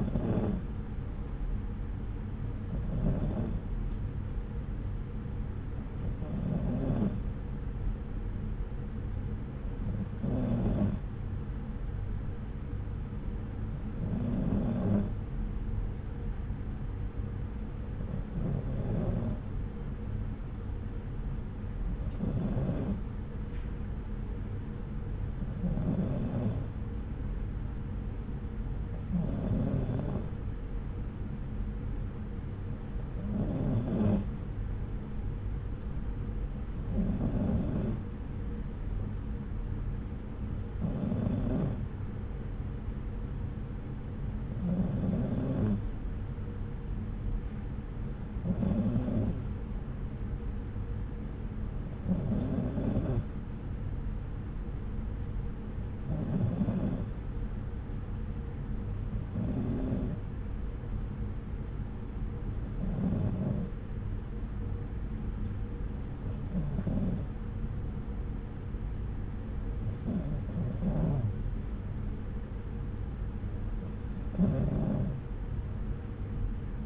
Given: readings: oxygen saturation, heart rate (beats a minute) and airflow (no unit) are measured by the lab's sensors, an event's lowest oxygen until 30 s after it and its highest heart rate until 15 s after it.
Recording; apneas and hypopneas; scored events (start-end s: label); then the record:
breathing in sleep by a smartphone at the bedside; none
none scored
From the record:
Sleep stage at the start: N2 (light sleep); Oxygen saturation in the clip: 93 to 94%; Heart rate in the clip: 64 to 69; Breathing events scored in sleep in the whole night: 303 in 8.1 hours asleep